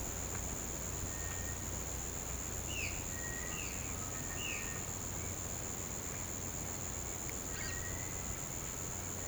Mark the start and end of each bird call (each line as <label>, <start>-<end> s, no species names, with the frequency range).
bird call (1.6-4.0 kHz), 2.69-4.70 s
bird call (1.2-5.7 kHz), 7.59-8.16 s